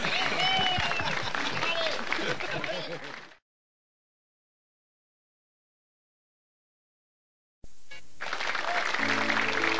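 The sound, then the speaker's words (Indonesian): Dense, steady clapping from an audience applauding a song, with crowd noise, fading out after a few seconds into silence, then bursting back in mid-roar with faint tones beneath. “kita beri tepuk tangan buat satu-satunya lagu karangan Abadi Susman”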